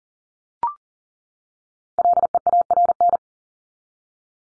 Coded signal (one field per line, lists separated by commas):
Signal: Morse code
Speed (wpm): 40 wpm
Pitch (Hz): 700 Hz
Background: none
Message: LEARN